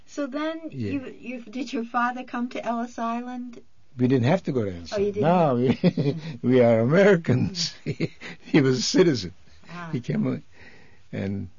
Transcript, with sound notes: So then did your father come to Ellis Island?
We didn't have to go to Ellis Island.
You didn't.
No. ( he laughs ) We are Americans. He was a citizen. And